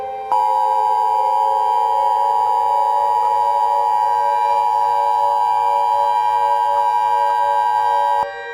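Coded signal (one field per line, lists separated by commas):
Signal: Emergency Alert System (SAME) tones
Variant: 853 and 960 Hz attention tone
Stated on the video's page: Fictional EAS scenario.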